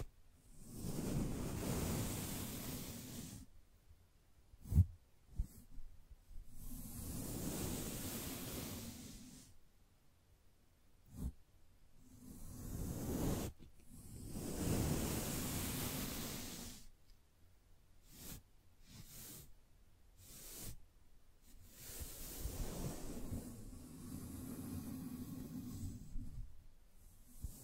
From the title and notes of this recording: ASMR Gently Brushing Your Brain (No Talking).